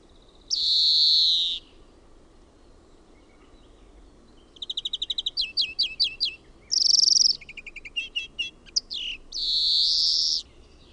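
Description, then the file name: European greenfinch song: long nasal wheezes alternating with fast trills and chirping twitters, the drawn-out buzzy notes opening and closing the sequence. "VIHERPEIPPO"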